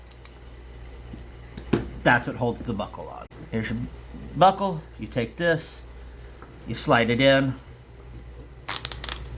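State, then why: Seated. A belt strap is slid into the ratchet buckle of a Kore Essentials belt while someone talks. The strap engages the buckle with sharp clicks at about 8.8 and 9.0 seconds, and the buckle is seated on the strap.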